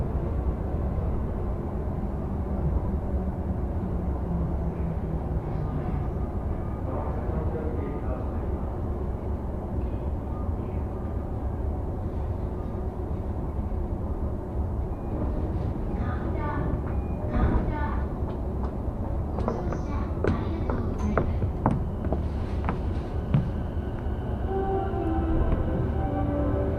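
Inside a moving commuter train, a constant low rumble and hum fill the car at an even level throughout. Faint voices and announcements drift in, and from about fifteen seconds brief squeals, clicks and rattles of wheels and fittings cut through more often.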